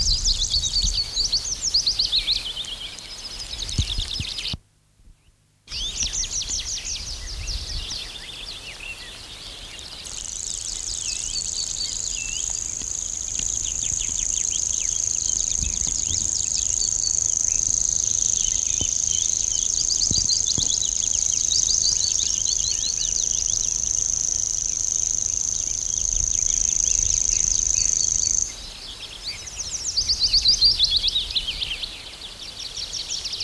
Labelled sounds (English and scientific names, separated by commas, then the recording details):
Common Grasshopper Warbler (Locustella naevia) song
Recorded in the wild
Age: adult
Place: Reinhardshagen (Weser), Hessen, DE
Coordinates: 51.5, 9.61667
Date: 1990-06-14 10:51
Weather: overcast, 14° C
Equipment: Sony WM-D6C, Kopie Tesla B 116
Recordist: Tembrock, Günter